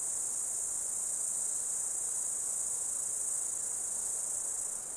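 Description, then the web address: Insects producing a constant high-pitched buzzing drone, steady and unbroken throughout. Insects calling during an Australian summer. "Foundation 1 AMBIENCE AUSTRALIAN SUMMER INSECTS"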